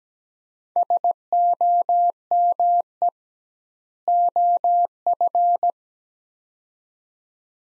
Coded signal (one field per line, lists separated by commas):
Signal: Morse code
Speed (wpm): 17 wpm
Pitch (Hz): 700 Hz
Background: none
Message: SOME OF